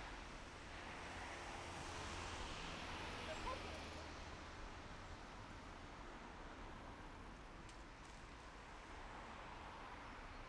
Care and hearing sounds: everyday scene through a hearing-aid microphone; in traffic; traffic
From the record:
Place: main road on the outskirts, rush hour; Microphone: behind the ear, right, front

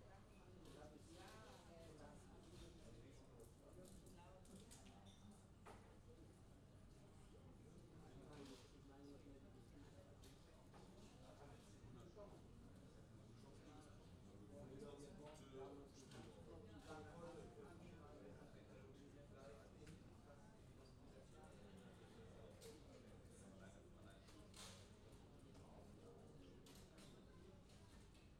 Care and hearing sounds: everyday scene through a hearing-aid microphone; many people talking; many voices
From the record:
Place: university cafeteria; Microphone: in the ear canal, left

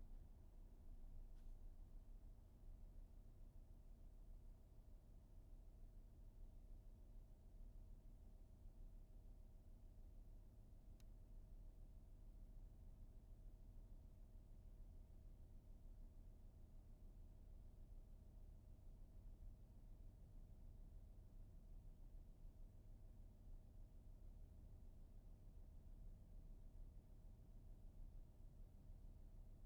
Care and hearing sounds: everyday scene through a hearing-aid microphone; in a vehicle; engine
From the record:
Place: VW T5 Caravelle, diesel engine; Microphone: behind the ear, right, front

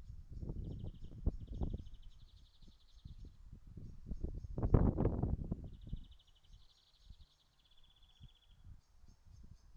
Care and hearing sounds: everyday scene through a hearing-aid microphone; wind on the microphone; wind, traffic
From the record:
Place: in front of a rural house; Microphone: in the ear canal, right

